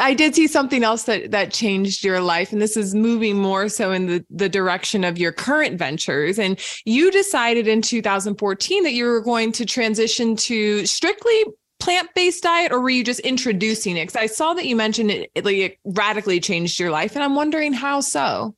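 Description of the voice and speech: Clear, fluent conversational speech from one adult woman asking a question, with ordinary small repeats.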